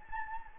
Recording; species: mosquito wingbeat signal from an infrared sensor; Anopheles gambiae